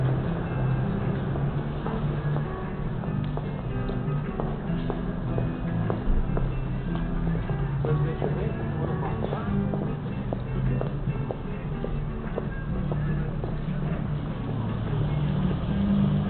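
A busy street spot beneath elevated rails, with a steady low rumble and hum under a dense crowd murmur. Sharp heel clicks tap through the middle, roughly twice a second. The sound is dull and muffled, with no bright top end.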